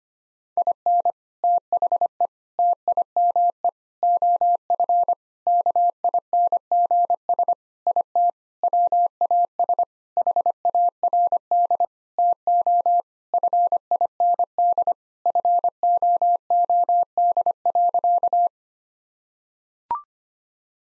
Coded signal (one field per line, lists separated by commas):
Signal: Morse code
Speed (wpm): 25 wpm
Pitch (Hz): 700 Hz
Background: none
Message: IN THE TIME OF KINGS IT WAS HARD TO FIND FOOD.